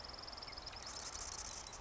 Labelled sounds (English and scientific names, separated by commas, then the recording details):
Marsh Wren (Cistothorus palustris)
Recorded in Sonoma County, California